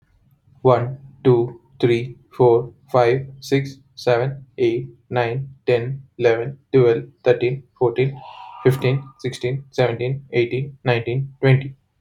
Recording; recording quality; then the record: counting at a normal pace; excellent, no background noise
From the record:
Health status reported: healthy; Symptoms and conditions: none ticked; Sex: male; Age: 33 years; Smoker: not ticked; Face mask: not worn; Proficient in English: yes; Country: India